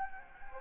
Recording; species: mosquito wingbeat signal from an infrared sensor; Anopheles gambiae